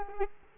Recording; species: mosquito wingbeat signal from an infrared sensor; Culex quinquefasciatus